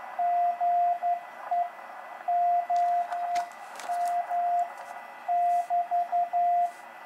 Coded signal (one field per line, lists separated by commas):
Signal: Morse code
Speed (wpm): 12 wpm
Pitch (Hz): 700 Hz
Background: radio noise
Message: GE MEM <BT>